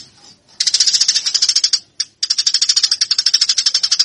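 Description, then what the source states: Eurasian tree sparrow pouring out a loud, rapid string of sharp chirps, one brief break near two seconds, then continuing without pause. Tree sparrow song used for fighting-style (tarung) training of birds.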